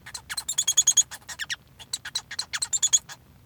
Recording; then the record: song of a male Bengalese finch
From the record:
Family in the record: son of father 1